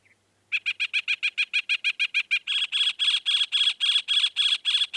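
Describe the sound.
Northern mockingbird song: a steady run of rapid, evenly repeated notes that switches midway to a higher, harsher repeated note.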